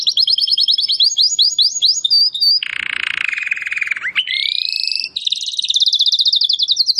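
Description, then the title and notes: Domestic canary song: quick repeated sweeping notes, then a lower buzzy rattle that rises into a bright, high, rapid trill. Belgian canary, singing. "Canário Belga Campainha Canary Singing. Canario Belga Cantando"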